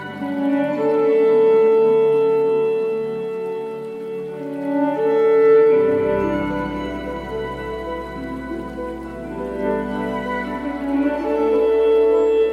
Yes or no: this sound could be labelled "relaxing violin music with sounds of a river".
yes